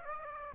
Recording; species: mosquito wingbeat signal from an infrared sensor; Aedes aegypti